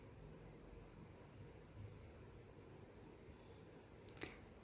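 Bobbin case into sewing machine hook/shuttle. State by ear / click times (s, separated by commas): seated / 4.1 s, 4.2 s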